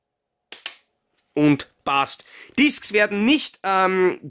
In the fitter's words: einrasten lassen und